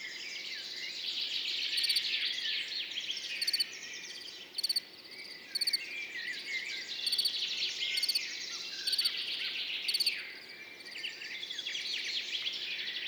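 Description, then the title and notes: Field cricket song, clipped pulsed chirps at irregular intervals, partly buried in a loud, continuous chorus of warbling birds. Montagne du Puy, 10 June 2019, morning after a mild night; cricket singing continuously, birds waking behind; stereo recording on a Nagra recorder with MKH40 microphone. "Montagne du Puy. le grillon champêtre"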